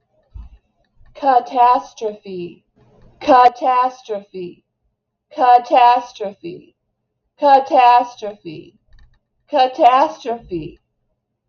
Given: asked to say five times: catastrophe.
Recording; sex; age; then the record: repeated word; female; 50 to 59 years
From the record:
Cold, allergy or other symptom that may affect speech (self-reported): no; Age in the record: 52 years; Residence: Wisconsin, United States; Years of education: 16